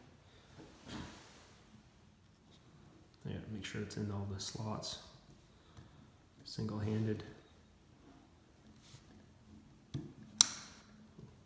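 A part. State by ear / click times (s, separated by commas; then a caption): seated / 10.4 s. A ZEISS Victory Harpia 95 spotting scope's mounting foot is pushed one-handed into a tripod head's quick-release clamp while someone talks. It latches with a sharp click at 10.4 seconds and seats solidly with a tight fit.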